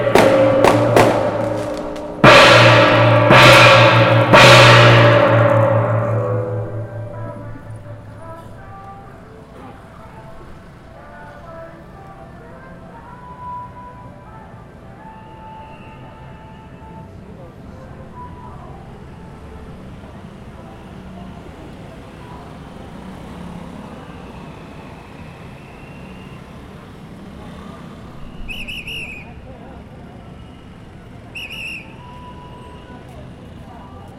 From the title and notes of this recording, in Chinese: 2019艋舺大拜拜_青山宮靈安尊王祭典。台北市萬華區青山宮靈安尊王祭典。